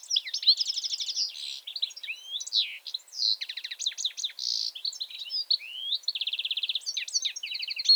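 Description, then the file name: European goldfinch singing a long, continuous medley of rapid liquid twitters, buzzy trilled notes and short whistles, all high-pitched and lively. "Carduelis carduelis"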